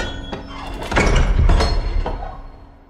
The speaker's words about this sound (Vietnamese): Chỉ có tiếng cánh cửa bị kẹt khẽ được đóng nhẹ vang lên.